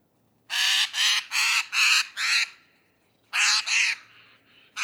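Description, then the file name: Eurasian jay calling in a rapid run of five loud, grating screeches, a brief gap, then further harsh screeches and quieter rasps. "Garrulus glandarius"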